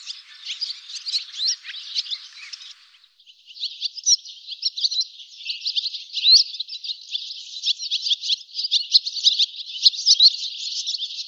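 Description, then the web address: Bird twittering, a run of high chirps for about three seconds, a brief dip, then a denser, unbroken run of quick slurred notes. "cianscape birddata Deverinetal 2025"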